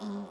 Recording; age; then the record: pig call; piglet (1 to 25 days)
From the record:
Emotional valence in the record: negative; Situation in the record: short isolation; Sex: female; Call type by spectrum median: low-frequency call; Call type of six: low-frequency modulated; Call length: 0.31 s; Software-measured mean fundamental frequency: 51 Hz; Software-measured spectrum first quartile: 205 Hz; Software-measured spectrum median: 316 Hz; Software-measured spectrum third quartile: 826 Hz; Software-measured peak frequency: 208 Hz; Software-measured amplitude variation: 58 dB a second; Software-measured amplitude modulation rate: 19.4 a second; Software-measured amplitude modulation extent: 3.0 dB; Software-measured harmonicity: 9.5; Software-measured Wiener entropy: -0.64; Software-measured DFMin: 1073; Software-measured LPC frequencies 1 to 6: 998, 3575, 4638, 5240, 6520, 7493 Hz